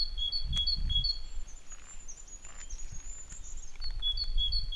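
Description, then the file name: Great tit song: scattered two-note phrases at start and end, with thin high twittering from another bird in between and low rumbling noise. "Parus major"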